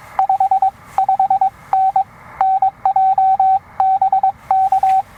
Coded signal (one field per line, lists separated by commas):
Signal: Morse code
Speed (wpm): 22 wpm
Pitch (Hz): 770 Hz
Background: radio noise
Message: 55N NJ BK